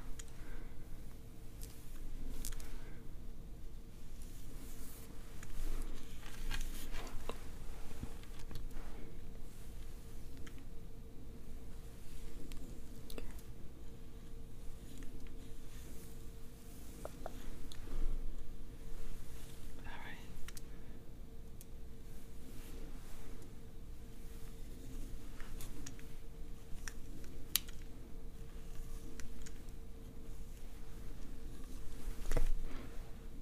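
Scalp oiling and scratching, with soft, irregular rasps and small clicks scattered across the whole clip, a few sharper ones near 2, 7, 17 and 33 seconds. Underneath runs a steady low hum with a faint constant tone. The level stays even throughout.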